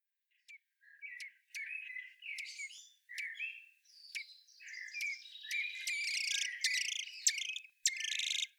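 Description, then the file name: Common blackbird song: fluty warbled phrases building into a dense, varied stream of whistles and squeaky notes. "Turdus merula"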